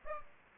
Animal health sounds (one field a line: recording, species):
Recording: mosquito wingbeat signal from an infrared sensor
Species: Aedes aegypti